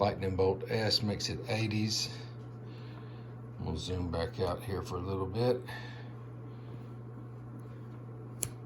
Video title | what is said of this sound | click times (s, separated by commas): 1986 Case XX Large Jack knife model 6292 pocket folding knife with beautiful bone handles | has excellent snap | 8.4 s